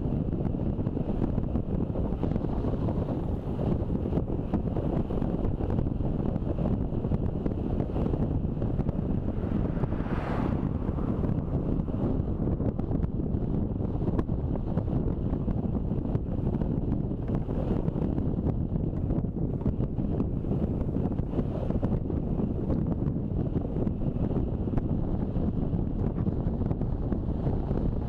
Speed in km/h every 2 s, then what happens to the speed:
27, 29, 27, 27, 26, 25, 27, 26, 26, 25, 27, 29, 31, 34.
0-18 steady at about 26. 18-28 speeds up to 34.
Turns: none.